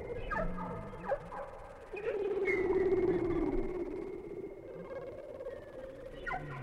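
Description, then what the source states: Whale song: a few short calls, then a long wavering moan that slowly descends, with a thin high tone held behind it. Whale sounds without music.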